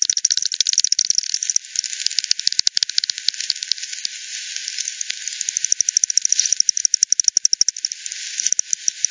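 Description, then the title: Bat clicks come in quick rattling bursts, thinning to a soft hiss around the middle before dense pulse trains return near the end. Multiple bats at Hogsmill River, Hogsmill Lane, 7 October 2020 at 18:10; recording frequency-divided (FD10), band-pass filtered and resampled. "WW bat 20201007 T 18 : 10 Z-Hogsmill-Lane-Hogsmill-River-multiple-bats"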